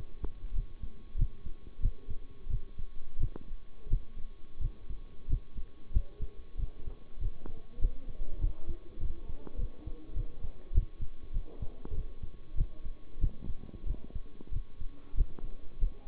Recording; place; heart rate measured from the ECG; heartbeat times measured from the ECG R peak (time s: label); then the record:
heart sounds by stethoscope; between the tricuspid and mitral areas; 94 bpm
0.53 s: heartbeat
1.16 s: heartbeat
1.81 s: heartbeat
2.48 s: heartbeat
3.18 s: heartbeat
3.88 s: heartbeat
4.59 s: heartbeat
5.28 s: heartbeat
5.92 s: heartbeat
6.57 s: heartbeat
7.19 s: heartbeat
7.79 s: heartbeat
8.39 s: heartbeat
8.99 s: heartbeat
9.56 s: heartbeat
10.14 s: heartbeat
10.72 s: heartbeat
11.32 s: heartbeat
11.93 s: heartbeat
12.55 s: heartbeat
13.19 s: heartbeat
13.85 s: heartbeat
14.51 s: heartbeat
15.15 s: heartbeat
15.79 s: heartbeat
From the record:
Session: bicycle stress test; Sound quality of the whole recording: good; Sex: male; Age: 23 years